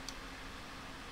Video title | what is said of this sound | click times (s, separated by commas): Soundstream Radio for 98-13 Harley Davidson Street Glide Motorcycles (Unboxing & Install) | right in until it clicks | 0.1 s